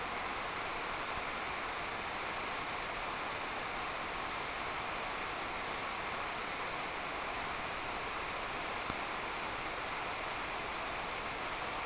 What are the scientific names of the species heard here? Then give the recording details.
none. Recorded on Arctic tundra, site NAIT-1, on 26 June 2018. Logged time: 09:00